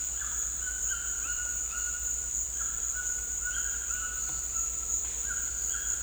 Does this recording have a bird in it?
yes